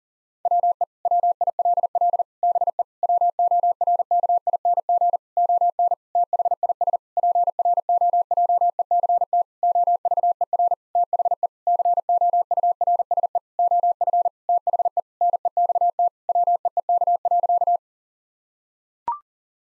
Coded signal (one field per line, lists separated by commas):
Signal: Morse code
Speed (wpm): 37 wpm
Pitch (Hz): 700 Hz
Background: none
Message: WE WILL BE WORKING ON THIS PROJECT OVER THE COURSE OF THE NEXT WEEK.